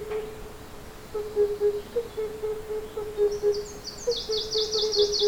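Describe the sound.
Himalayan cuckoo's soft, low hoop notes repeat in quick runs, with a high, buzzy trill joining near the end.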